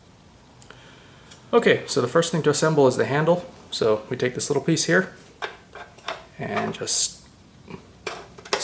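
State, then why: Seated. A small plastic handle piece is slipped onto the handle of an Evolution Rage 3 miter saw and pushed until it locks in place, with a button that must be pushed down to release it. Someone talks throughout, with light clicks and handling sounds between phrases. A sharp click at 8.5 s marks the piece locking on.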